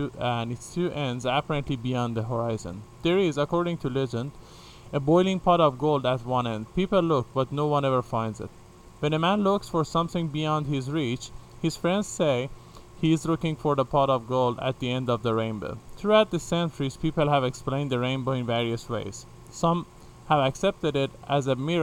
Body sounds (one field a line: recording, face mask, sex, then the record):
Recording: reading aloud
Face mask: none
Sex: male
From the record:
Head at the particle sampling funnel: facing it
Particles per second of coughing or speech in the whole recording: 2.9